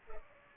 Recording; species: mosquito wingbeat signal from an infrared sensor; Culex pipiens